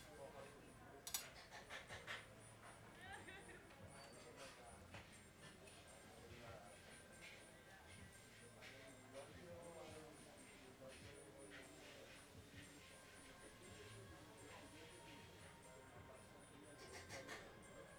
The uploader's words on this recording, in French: Déjeuner tardif au Rest Point Restaurant. Le Rest Point Restaurant, à la devanture verte et qui ne paye pas de mine est devenu en quelques jours notre petit QG sur le lakefront de Pokhara. Ambiance du service de midi.